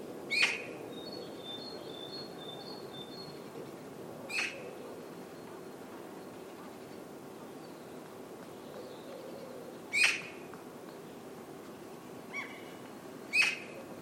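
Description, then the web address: Bird calls: sharp, thin, clipped notes scattered throughout, with a short run of faint high whistles early on. "cianscape birddata Deverinetal 2025"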